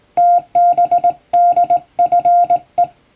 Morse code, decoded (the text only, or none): TBDFE